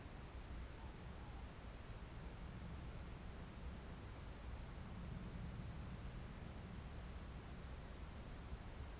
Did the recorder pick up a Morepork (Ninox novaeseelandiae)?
yes